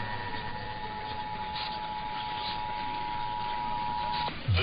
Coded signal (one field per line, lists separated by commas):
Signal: Emergency Alert System (SAME) tones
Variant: 853 and 960 Hz attention tone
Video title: [EAS #2312-2313] KDKA RWT & Virginia RMT